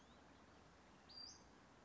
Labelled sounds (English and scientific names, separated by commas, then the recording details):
Western Flycatcher (Empidonax difficilis)
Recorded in Sonoma County, California